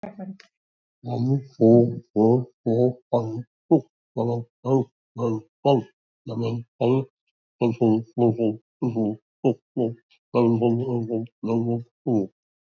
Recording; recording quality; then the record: counting at a normal pace; excellent, no background noise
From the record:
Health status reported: recovered from COVID-19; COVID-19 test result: negative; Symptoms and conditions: cough, cold, fever, diabetes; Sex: male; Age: 72 years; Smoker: not ticked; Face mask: not worn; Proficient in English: yes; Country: India